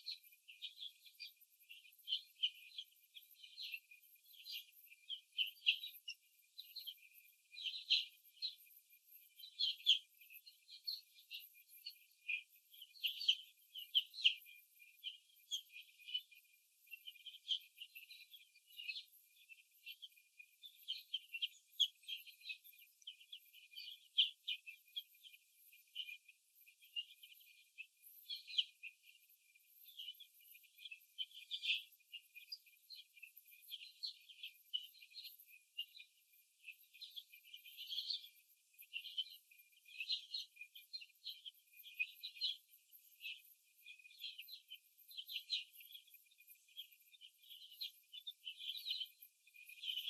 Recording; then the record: young laying hens in a cage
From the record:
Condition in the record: before the stressor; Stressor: simulated dog barking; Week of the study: 2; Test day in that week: 3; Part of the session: 2